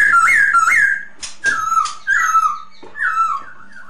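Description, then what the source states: Masked laughingthrush with loud whistled notes that rise then fall, repeated in short phrases with a few sharp clicks between them. Lure sound (Indonesian 'suara pancingan') of the Poksay Hongkong.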